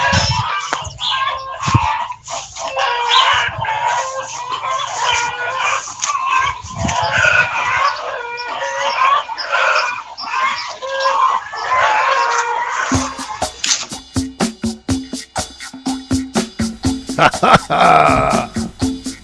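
A noisy chorus of chickens on a farm, clucking and squawking over one another for over an hour, with a rooster's crow rising through the din; later the sound turns into a rapid, rhythmic series of sharp clicking pulses.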